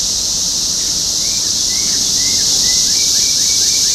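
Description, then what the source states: Cicada chorus, a steady shrill hiss, with a bird's series of slurred whistled notes running through it. Topeka, Kansas, 14 June 2015.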